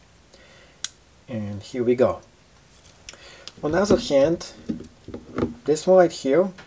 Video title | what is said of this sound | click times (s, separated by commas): Spyderco Grasshopper vs Gerber Paraframe [Which is best?] | that's a good thing press over here it unlocks it | 0.8 s